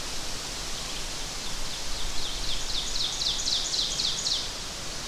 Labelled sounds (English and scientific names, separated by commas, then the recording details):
Ovenbird (Seiurus aurocapilla) song
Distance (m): 35 m
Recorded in boreal forest in Alberta, Canada, on 12 June 2016 at 06:04
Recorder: SongMeter 3, array SBT-3-18
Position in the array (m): 230 m, 88 m
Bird 31